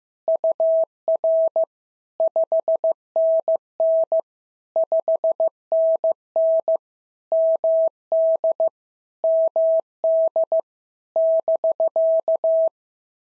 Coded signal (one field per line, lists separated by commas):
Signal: Morse code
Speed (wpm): 15 wpm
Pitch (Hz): 650 Hz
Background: none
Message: UR 5NN 5NN MD MD <BK>